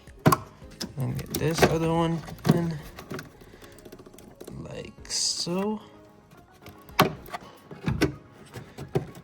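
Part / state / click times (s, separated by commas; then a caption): engine bay wiring connector into its mating socket / seated / 7.0 s, 8.0 s. During reassembly after an engine mount replacement on a 2007 Mazda 3, an engine bay wiring connector is pushed into its mating socket and its locking tab is pressed down while someone talks. Sharp clicks are heard at 7.0 s and 8.0 s as the connector clicks in and locks, confirming it is seated.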